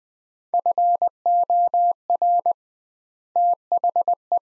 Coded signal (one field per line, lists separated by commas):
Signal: Morse code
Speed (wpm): 21 wpm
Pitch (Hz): 700 Hz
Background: none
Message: FOR THE